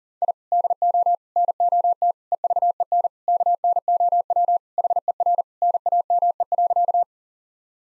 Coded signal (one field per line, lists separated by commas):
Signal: Morse code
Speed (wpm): 37 wpm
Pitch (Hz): 700 Hz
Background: none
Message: I DO NOT EVEN KNOW HER NAME.